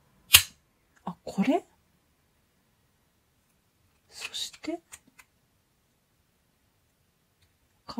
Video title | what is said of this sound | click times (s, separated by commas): ノリノスポットの使い方が分からなくなったので、改めて練習しました | パチッと音がするまで矢印の方向に動かしてくださいあ | 0.3 s